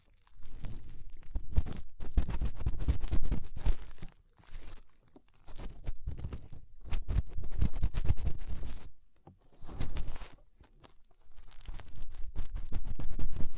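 Fingers rub and scrape inside an ear, making dense bursts of crackling, rustling friction with a deep, muffled thump underneath. The scratching comes in uneven stretches of a second or two, broken by brief silences near 4, 9.5 and 11 seconds.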